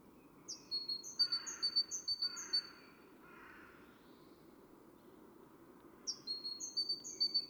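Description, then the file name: Great tit calling in quick series of high, thin two-note phrases, high then lower, in bursts at the start and end, with three short rasping bursts. "Parus major"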